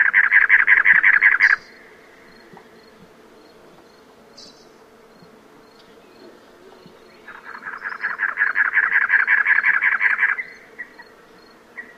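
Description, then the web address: Cactus wren calls: harsh, grating chugging notes in fast even runs, one short burst then a longer series, with a steady hum and faint high ticking behind. "Songs of Birds of North America Know Your Bird Sounds. Cactus Wren"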